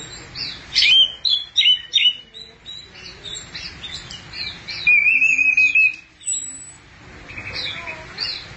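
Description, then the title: Thrush song, a string of varied high chirps and whistles, then a sustained warbled phrase, over faint low tones. "burung anis x"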